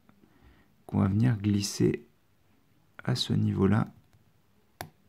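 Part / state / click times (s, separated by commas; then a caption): plastic model kit part into its mating part / seated / 4.8 s. A plastic Gunpla part is slid into place on a 1/144 HG A-Z Gundam model kit while someone talks. After the talking stops, a single sharp click at 4.8 s marks the part seating into its mating part.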